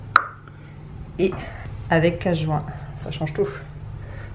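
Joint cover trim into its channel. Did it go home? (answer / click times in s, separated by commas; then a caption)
yes / 0.2 s. A cover trim strip for a joint is pressed into its channel and clips in with a sharp, loud snap at 0.2 s. Afterward, someone talks. The trim is seated.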